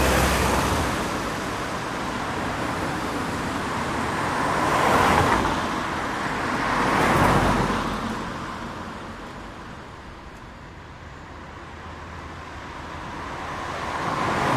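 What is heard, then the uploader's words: Cars pass along a road with medium traffic, a steady wash of tire and engine noise beneath distinct swells as vehicles whiz by around five and seven seconds. The noise eases after eight seconds, then builds again as another car approaches near the end. A road with medium traffic, as cars whiz by in a steady stream.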